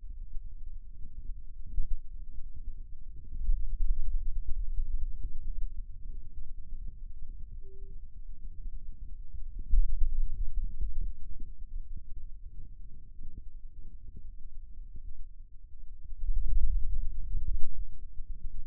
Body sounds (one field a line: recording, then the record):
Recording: forearm muscle sounds (acoustic myography)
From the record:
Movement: pen grasping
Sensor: system 2, bracelet of six BSWA MPA416 microphones around the upper forearm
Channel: 3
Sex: male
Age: 22 years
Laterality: right